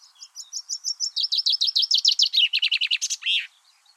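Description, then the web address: Common chaffinch singing one accelerating, descending rattle of sharp notes closing with an emphatic terminal flourish; the background stays quiet. "Deverinetal 2025 File origin Bird Only Fr Co"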